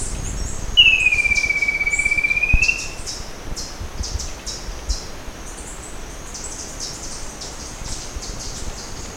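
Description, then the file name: Bird whistles a single drawn-out pure note, gently falling then level, lasting about two seconds, with a steady high hum and scattered clicks behind. "SABIOD 50 bird 2015"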